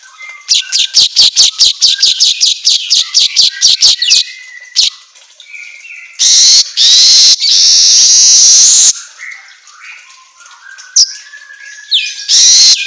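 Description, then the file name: Asian golden weaver song: a fast run of sharp repeated ticking notes, then long, loud, harsh buzzy bursts with short chattering phrases between them. Indonesian 'auto gacor' style song for training songbirds. "Suara Kicau Manyar Kepala Emas Auto Gacor"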